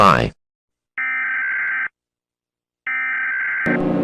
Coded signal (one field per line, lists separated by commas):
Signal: Emergency Alert System (SAME) tones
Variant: header bursts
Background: speech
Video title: Mini Eas Scenario: Monster Rabbits Attacking The World